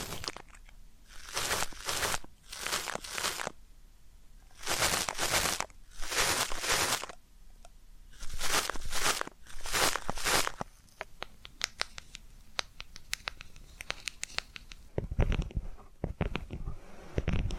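Ear-cleaning sounds come in rough scratchy bursts, about one a second, then shift after ten seconds into sparse sharp clicks and crinkly taps.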